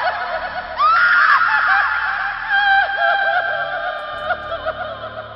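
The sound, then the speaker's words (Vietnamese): Eerie wailing cries, said to come from an ancient Tang-dynasty corpse in a tomb chamber, rise suddenly after a moment of quiet, their high pitch sliding and wavering in overlapping, sobbing glides that stay loud and sustained until the end. “Lúc này là nghe cái xác cổ đời Đường kia phát ra một tràng tiếng khóc gào.”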